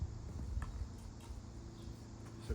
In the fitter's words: basically there is a tiny little click. Very, very tiny.